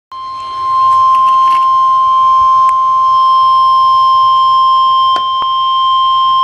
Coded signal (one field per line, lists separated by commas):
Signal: Emergency Alert System (SAME) tones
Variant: 1050 Hz attention tone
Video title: NOAA Weather Radio Tornado Warning Full Broadcast For Pittsburgh